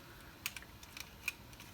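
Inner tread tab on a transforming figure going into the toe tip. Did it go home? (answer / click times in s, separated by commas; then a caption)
no / none. The plastic tab on an inner tread of a Mastermind Creations R19 Kultur transforming figure is handled toward the tip of the toe, producing a few small, sharp plastic ticks over a quiet background. The ticks fall around 0.5, 0.6, 1.0 and 1.3 seconds. Nothing has seated or clicked yet: the tab is still being handled and has not gone home into the toe.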